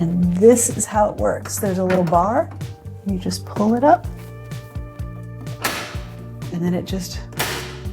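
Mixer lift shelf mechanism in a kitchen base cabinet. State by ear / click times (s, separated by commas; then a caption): seated / 7.4 s. A mixer-lift shelf mechanism in a kitchen base cabinet is raised by pulling its bar up while someone talks over background music. Several thunks and clatters of the metal lift mechanism follow, and a sharp click at 7.4 seconds marks the shelf locking into its raised position.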